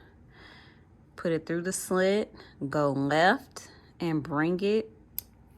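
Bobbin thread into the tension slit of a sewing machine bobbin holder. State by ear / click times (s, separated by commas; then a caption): seated / 5.2 s. Bobbin thread on a Kenmore 385.12916890 Series sewing machine is pulled through the slit of the bobbin holder and to the left until it snaps under the metal tension spring. Someone talks through most of the clip, and a short, sharp click at 5.2 s marks the thread seating in the tension slot.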